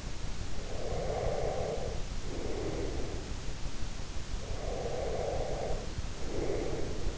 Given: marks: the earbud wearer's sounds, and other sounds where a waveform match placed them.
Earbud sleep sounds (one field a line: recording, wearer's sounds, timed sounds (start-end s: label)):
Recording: sounds in sleep by an in-ear microphone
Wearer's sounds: breath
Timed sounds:
0.58-3.36 s: breath
4.41-7.18 s: breath